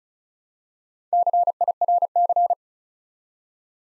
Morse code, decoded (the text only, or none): CIRC